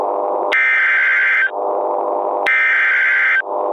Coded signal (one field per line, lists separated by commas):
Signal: Emergency Alert System (SAME) tones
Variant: header bursts